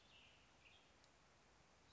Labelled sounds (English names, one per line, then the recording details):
Western Tanager
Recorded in Sonoma County, California